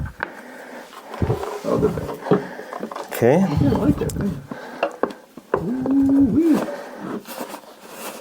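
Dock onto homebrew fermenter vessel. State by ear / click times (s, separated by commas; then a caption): not seated / none. A brewing dock is pushed onto a Pinter 3 homebrew fermenter vessel, with brief knocks and handling noises throughout while someone talks. Nothing has seated or clicked into place yet by the end.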